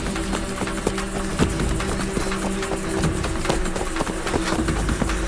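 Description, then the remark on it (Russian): Several young men, having rolled over the edge of a trench, run into a forest, their hurried footsteps landing in quick, uneven thuds and crunches over a steady low rumble, with no voices. “Перекатившись через край окопа, парни бегут в лес.”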